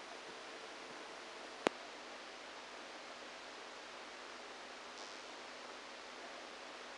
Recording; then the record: brain microelectrode recording played as sound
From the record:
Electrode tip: inside the subthalamic nucleus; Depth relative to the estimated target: 2 mm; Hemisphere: right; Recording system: NeuroSet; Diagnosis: Parkinson's disease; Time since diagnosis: 14 years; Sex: male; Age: 51 years